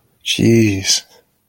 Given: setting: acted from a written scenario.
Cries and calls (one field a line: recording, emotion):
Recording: vocal sound without words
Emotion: contempt